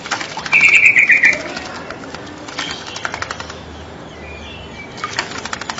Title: Jalak Nias